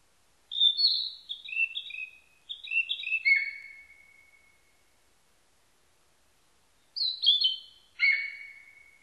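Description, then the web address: Narcissus flycatcher song with two bursts of bright whistled notes stepping downward, the first ending in a drawn-out whistle, separated by a few seconds of quiet. Recorded 21 May 1999. "1999 990521 kibitaki"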